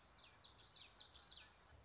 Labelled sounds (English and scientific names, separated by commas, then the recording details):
Common Yellowthroat (Geothlypis trichas)
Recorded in Sonoma County, California